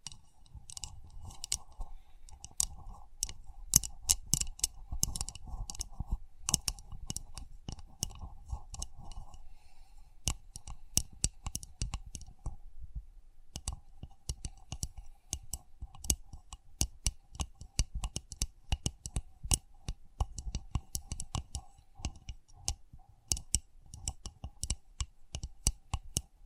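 Sensitive tapping, a dense run of sharp, crisp taps with a bright clicking quality, coming in quick irregular bursts throughout. In the first ten seconds a low rumble and a faint hum sit underneath; afterwards the taps continue over a quieter, thinner background.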